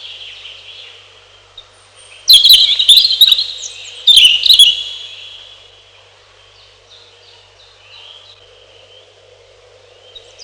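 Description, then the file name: European robin song: two loud, tumbling bursts of rapid high twittering, then faint thin warbled phrases, over a steady low hum. "малиновка"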